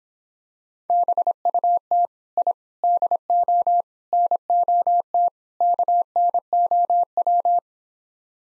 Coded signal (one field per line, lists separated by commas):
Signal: Morse code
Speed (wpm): 25 wpm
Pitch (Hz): 700 Hz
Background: none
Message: BUT I DO NOT KNOW